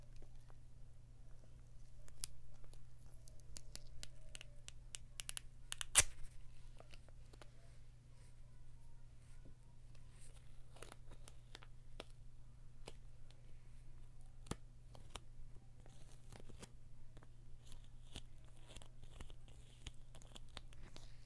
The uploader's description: Book tapping